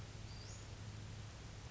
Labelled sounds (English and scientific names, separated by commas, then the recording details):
Western Flycatcher (Empidonax difficilis)
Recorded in Sonoma County, California